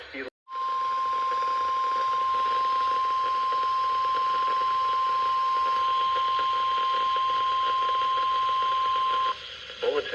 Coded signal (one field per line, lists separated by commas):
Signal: Emergency Alert System (SAME) tones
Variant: 1050 Hz attention tone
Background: speech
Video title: EAS 7K Milestone! EAS Alerts from the week of (1/26/25-2/01/25) EAS 6999-7023